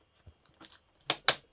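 A memory module is pressed into a motherboard DIMM slot with equal pressure on the left and right, with a few faint rustles and taps before it. Two loud, sharp clicks follow at 1.1 s and 1.3 s as the module seats in the slot.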